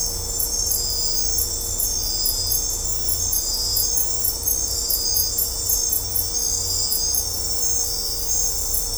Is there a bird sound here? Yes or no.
no